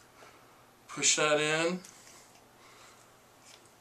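The two sections of a juice press's two-piece pump handle are being pushed together. Someone talks briefly around 0.9–1.8 seconds over a faint steady hum and quiet handling noise. Nothing has clicked or seated yet.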